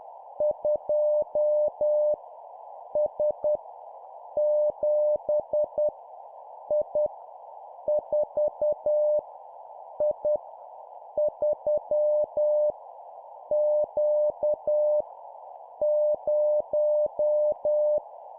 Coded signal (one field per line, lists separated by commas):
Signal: Morse code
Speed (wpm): 10 wpm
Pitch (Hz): 600 Hz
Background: none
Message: 2 S 7 I 4 I 3 Q 0